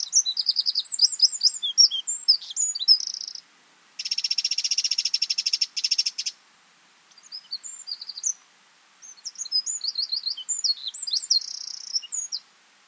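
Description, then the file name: Eurasian wren song: bursts of very high, fast tumbling notes, one dense buzzing trill in the middle, repeated phrases separated by short pauses. "Troglodytes troglodytes"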